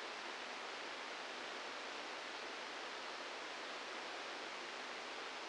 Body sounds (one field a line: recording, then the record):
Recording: brain microelectrode recording played as sound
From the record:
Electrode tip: outside the subthalamic nucleus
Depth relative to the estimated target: 1 mm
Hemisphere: left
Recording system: NeuroSet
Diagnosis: Parkinson's disease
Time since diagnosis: 15 years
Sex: female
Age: 59 years